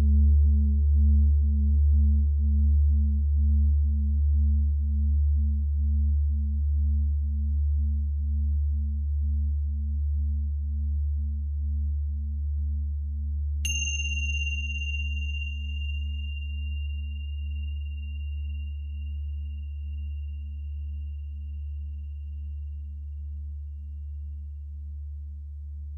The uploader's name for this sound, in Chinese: 土星（147.85赫兹）